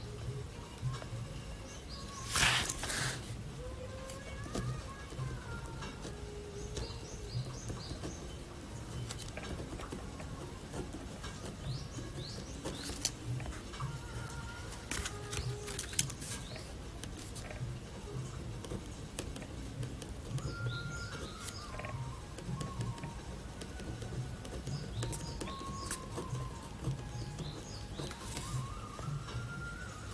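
Coffee beans roast in a drum over a steady low rumble, with scattered sharp pops and cracks and faint squeaky chirps throughout.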